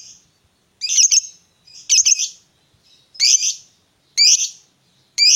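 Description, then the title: Lovebird calling with loud, harsh, squawky chirps, one burst about every second, separated by short silences. A lovebird whose calling style appears very clever at 'memancing', luring or provoking other birds to call. "Dari Gayanya Lovebird Ini Terlihat Pintar Sekali Memancing"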